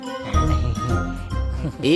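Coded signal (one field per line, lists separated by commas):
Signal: none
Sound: movie music jingle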